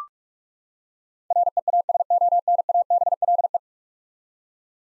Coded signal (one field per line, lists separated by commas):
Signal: Morse code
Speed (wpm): 46 wpm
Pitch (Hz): 700 Hz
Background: none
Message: REASONABLE